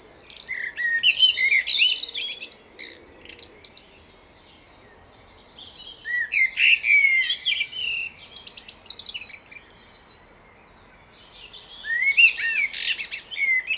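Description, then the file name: Common blackbird song in three bursts of fluty whistles and busy, high squeaky flourishes, separated by short pauses. "Turdus merula"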